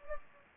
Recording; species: mosquito wingbeat signal from an infrared sensor; Anopheles gambiae